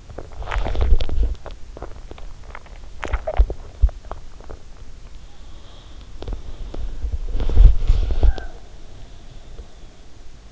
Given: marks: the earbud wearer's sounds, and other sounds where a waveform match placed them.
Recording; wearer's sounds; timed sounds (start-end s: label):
sounds in sleep by an in-ear microphone; swallowing, body movement, breath
0.00-5.11 s: swallowing
0.40-10.00 s: body movement
5.35-10.52 s: breath